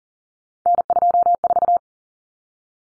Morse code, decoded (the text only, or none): N24